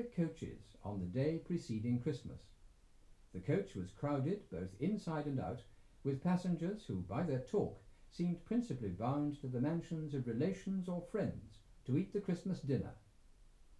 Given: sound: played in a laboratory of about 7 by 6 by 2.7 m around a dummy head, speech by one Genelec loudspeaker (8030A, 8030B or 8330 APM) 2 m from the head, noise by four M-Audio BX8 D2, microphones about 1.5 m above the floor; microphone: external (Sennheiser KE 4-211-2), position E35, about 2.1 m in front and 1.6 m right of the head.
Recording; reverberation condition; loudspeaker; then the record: male speech in English; low; 30 degrees to the right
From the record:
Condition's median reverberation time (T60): about 310 ms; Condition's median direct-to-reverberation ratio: about 3.5 dB